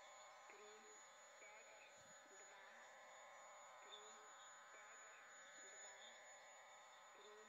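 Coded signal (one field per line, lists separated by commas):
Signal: numbers station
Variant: HM01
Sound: steady buzzing, warbling multi-tone digital data hiss with no pauses or speech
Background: radio static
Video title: Numbers Station HM01 S06s 11635khz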